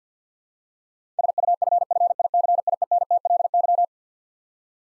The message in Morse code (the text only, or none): SUFFICIENTLY